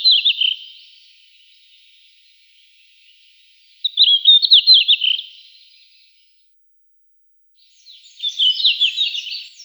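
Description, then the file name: Red-flanked bluetail song: three short, bright warbled phrases spaced about four seconds apart, each a quick jumble of high chirping notes, with silence in between. "Sinehvostka"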